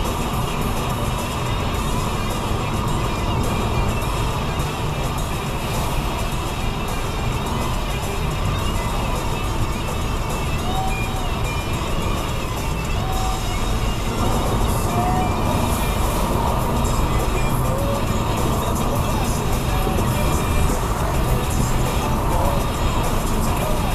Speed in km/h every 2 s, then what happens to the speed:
74, 74, 76, 77, 77, 79, 79, 81, 82, 82, 84, 84.
0-24 speeds up to 84.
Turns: none.